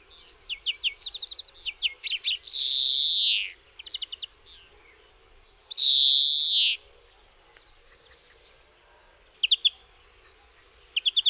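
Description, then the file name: European greenfinch song mixing rapid twittering trills with two long buzzy wheezes, then a quiet gap and more chirped trills near the end. "DZWONIEC"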